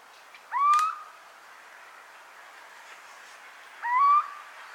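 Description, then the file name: Little owl calls: two sharp, upward-sliding whistled notes about three seconds apart, each with a fainter higher overtone, over quiet background hiss. "kuvik hangja"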